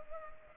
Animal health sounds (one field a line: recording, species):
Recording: mosquito wingbeat signal from an infrared sensor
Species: Culex pipiens